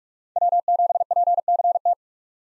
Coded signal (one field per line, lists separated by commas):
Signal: Morse code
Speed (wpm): 46 wpm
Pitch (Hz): 700 Hz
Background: none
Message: W7PCT